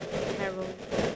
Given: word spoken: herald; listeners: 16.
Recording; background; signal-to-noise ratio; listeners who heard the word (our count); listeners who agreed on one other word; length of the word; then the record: one English word in noise, from a listening test; noise modulated by three-talker babble; -3.2 dB; 0 of 16; 11 of 16; 0.76 s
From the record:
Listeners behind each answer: 11, 4, 1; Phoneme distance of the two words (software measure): 17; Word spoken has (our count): 2 syllables, 6 phonemes, stress on syllable 1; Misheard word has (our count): 2 syllables, 5 phonemes, stress on syllable 1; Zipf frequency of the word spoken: 3.47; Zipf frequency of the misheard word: 3.39